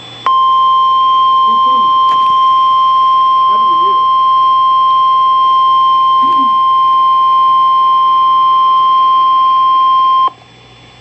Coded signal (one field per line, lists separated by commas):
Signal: Emergency Alert System (SAME) tones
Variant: 1050 Hz attention tone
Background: speech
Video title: Severe Thunderstorm Watch (EAS #366)